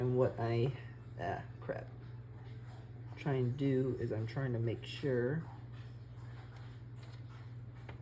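A plastic channel/pinrail part is being handled and fitted onto the hull of an IMAI 1/150 90-gun ship of the line Napoleon model kit while someone talks over a steady low hum. Nothing has seated or clicked into place yet.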